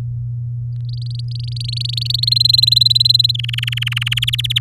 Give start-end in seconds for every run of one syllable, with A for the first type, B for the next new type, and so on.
0.89-2.34 A, 2.36-3.31 B, 3.34-4.19 C, 4.22-4.59 D